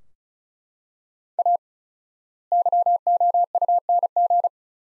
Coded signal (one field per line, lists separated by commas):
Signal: Morse code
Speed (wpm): 36 wpm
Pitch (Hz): 700 Hz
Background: none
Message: A YOUNG